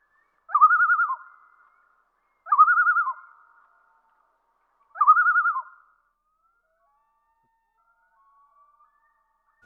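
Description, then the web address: Common Loon calls: three quavering, rapidly pulsing calls, each about a second long, a couple of seconds apart, then quiet. "Dan Gibson Wildlife Identification By Sound, Eastern North America Pt 1. Common Loon"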